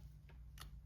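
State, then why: Seated. A plastic thigh panel on the leg of a transforming toy car figure, a Volkswagen Beetle, is swung around to the back until it snaps into place. A soft tick at 0.3 s precedes a sharp, bright click at 0.6 s, over a low steady hum. The panel is seated.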